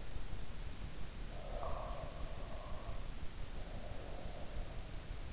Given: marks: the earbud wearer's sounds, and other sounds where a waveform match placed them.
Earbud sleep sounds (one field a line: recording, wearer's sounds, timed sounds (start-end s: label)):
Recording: sounds in sleep by an in-ear microphone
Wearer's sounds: breath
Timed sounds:
1.25-5.10 s: breath